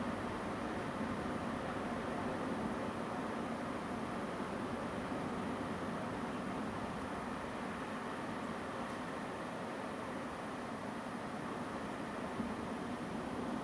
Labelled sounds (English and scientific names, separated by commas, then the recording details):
Song Thrush (Turdus philomelos)
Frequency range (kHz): Song Thrush (Turdus philomelos) 7.2-8.5 kHz
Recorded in France